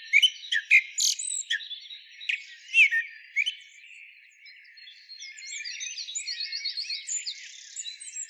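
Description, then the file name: Common blackbird with a run of sharp, high chirps and squawky notes in the first half, followed by a softer, busy chatter. "Turdus merula"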